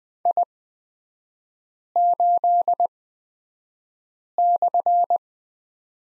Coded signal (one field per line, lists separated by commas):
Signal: Morse code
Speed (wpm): 20 wpm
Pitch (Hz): 700 Hz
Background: none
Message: I8/